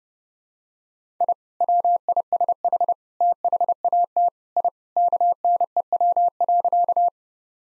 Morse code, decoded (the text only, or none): I WISH THAT I KNEW.